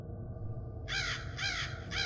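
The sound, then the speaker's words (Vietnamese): Crows caw three times outside a house in a steady rhythm, each call a harsh, raspy, drawn-out, mournful squawk, rising out of a faint low rumble with no one speaking. “bên ngoài chẳng hiểu từ đâu những tiếng quạ cứ thấy vang lên, nghe có phần thảm thiết.”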